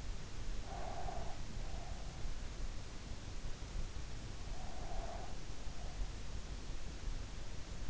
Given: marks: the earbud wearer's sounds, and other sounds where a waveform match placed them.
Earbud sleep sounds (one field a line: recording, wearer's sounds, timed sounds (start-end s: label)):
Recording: sounds in sleep by an in-ear microphone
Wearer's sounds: breath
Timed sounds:
0.66-2.17 s: breath
4.56-6.05 s: breath